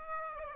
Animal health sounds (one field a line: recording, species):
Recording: mosquito wingbeat signal from an infrared sensor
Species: Aedes aegypti